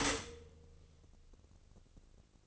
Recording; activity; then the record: daily activity, microphone in the room; stop toaster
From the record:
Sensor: 4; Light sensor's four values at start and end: 9/20/8/8 and 9/19/8/8